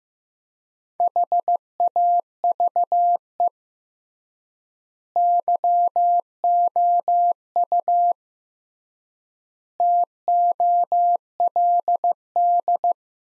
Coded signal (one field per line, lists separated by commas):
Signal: Morse code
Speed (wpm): 15 wpm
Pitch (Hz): 700 Hz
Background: none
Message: HAVE YOU TOLD